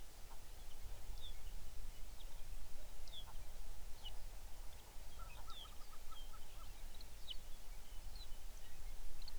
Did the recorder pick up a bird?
yes